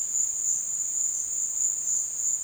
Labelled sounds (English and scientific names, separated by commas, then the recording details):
none
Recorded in dense forest near Puerto Asís, Putumayo, Colombia, on 23 June 2025 at 13:30
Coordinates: 0.468, -76.322
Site GP03